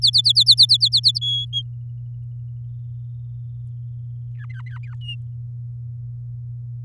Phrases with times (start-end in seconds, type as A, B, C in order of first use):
0.02-1.19 A, 1.21-1.62 B, 4.34-4.95 C, 5.01-5.15 D